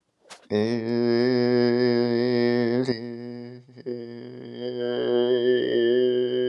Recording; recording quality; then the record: sustained vowel as in made; excellent, no background noise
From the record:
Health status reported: healthy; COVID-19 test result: negative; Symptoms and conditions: fatigue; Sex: male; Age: 34 years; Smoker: yes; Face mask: not worn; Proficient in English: no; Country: France